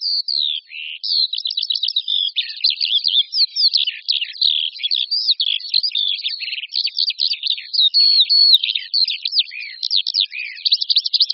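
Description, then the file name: Eurasian skylark singing a continuous, rapid warble of high chirps, trills and slurred whistles, pouring out without pause. "Skřivan-polní"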